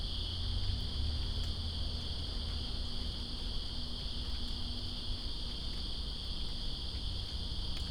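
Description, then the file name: Cricket chorus making a continuous high-pitched trill with no pauses, set against steady rumbling rain. Recorded in Greensboro on September 2, 2017, during rain. "Greensboro Crickets And Rain September 02 2017"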